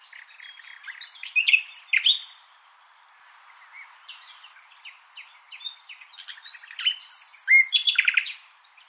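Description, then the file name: Common nightingale singing varied, rich phrases: whistles, sharp chirps and rapid rattling note series, with a pause midway before a loud burst of repeated notes. "Luscinia megarhynchos"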